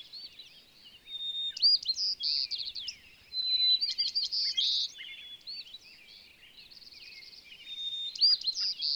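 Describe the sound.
Bird delivering lively songs of clear whistles, trills and rattling chips in separate bursts, with quieter twittering between.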